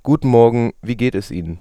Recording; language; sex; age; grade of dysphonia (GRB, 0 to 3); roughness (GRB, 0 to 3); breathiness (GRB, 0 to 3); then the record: spoken sentence; German; male; 20 to 29 years; 0; 0; 0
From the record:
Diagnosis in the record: healthy voice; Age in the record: 22 years